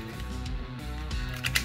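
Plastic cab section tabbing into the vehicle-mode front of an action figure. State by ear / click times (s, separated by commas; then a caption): seated / 1.5 s, 1.6 s. While an action figure is transformed into vehicle mode with its arms raised, the plastic truck cab is pushed until it tabs into the front of the vehicle. Two sharp plastic snaps at 1.5 and 1.6 s mark the cab seating into place over steady background music.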